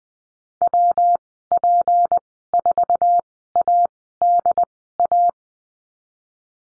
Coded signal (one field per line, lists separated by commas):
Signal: Morse code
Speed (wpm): 20 wpm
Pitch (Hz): 700 Hz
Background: none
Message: WP4ADA